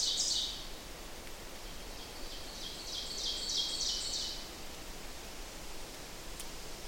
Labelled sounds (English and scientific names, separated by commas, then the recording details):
Ovenbird (Seiurus aurocapilla) song
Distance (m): 25 m
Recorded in boreal forest in Alberta, Canada, on 8 June 2016 at 06:11
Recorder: SongMeter 3, array SBT-3-9
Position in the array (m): 89 m, 89 m
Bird 34